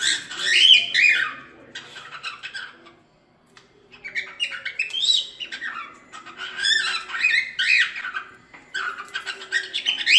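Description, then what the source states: Cockatiel warbling song in bursts of a second or two, with chirpy rising and falling whistles separated by brief pauses. Several cockatiels singing with whistles.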